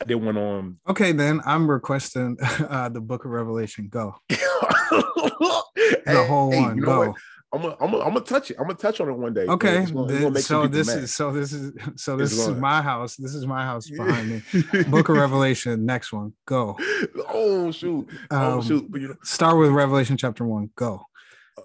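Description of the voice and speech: Casual conversational speech from an adult man who stutters, with repeated word and phrase restarts ("I'm, I'm, I'm gonna touch", "so this is, so this is"), brief sound prolongations and some hesitation pauses. These are typical stuttering disfluencies, audible as he speaks.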